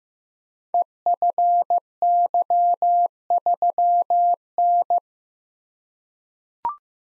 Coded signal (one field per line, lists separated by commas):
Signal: Morse code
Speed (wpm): 15 wpm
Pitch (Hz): 700 Hz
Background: none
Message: EFY3N